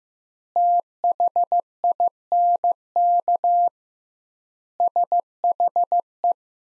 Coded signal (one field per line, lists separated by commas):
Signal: Morse code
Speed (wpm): 15 wpm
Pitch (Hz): 700 Hz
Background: none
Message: THINK SHE